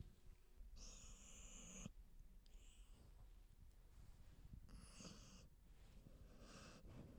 Dog's snoring.